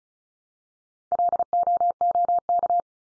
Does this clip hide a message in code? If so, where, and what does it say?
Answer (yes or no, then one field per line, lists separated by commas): yes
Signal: Morse code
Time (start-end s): 1.1-2.8 s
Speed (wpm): 34 wpm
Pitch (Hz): 700 Hz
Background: none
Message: LOOK